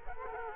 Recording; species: mosquito wingbeat signal from an infrared sensor; Culex quinquefasciatus